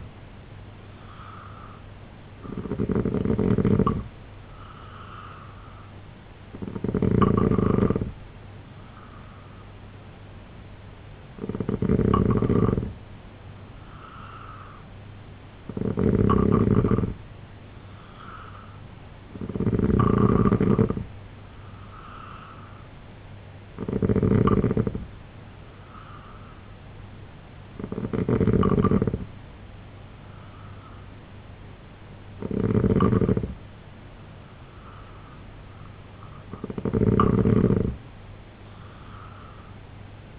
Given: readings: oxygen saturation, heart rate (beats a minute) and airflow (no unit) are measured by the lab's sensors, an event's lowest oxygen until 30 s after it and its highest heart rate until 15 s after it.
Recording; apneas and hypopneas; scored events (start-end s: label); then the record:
breathing in sleep by a voice recorder at the bedside; none
1.00-40.39 s: new sleep stage, N3 (deep sleep)
From the record:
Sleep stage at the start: N2 (light sleep); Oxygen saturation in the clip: 89 to 90%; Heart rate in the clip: 69 to 75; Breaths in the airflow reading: 9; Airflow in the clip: -3.3 to 5.6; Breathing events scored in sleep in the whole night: 258 in 7.4 hours asleep